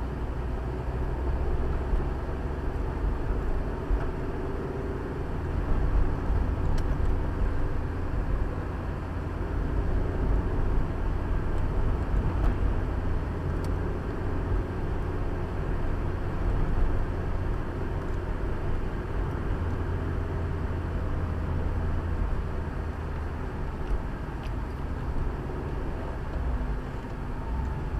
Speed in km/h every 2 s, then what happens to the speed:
42, 45, 48, 51, 51, 51, 48, 54, 53, 52, 49, 43, 41, 40.
0-7 speeds up to 51. 7-17 steady at about 51. 17-28 slows to 40.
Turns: none.